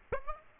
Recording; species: mosquito wingbeat signal from an infrared sensor; Aedes aegypti